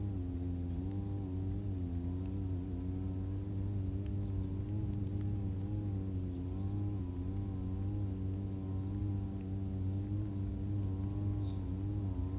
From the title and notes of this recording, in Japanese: ひたすら草刈り機で草刈り。梅雨真っ只中。草刈り機でネギの列、そして畑まわりを刈っていきます。録音場所は固定なので、あっちへ行ったり、こっちへ行ったりがわかりますね。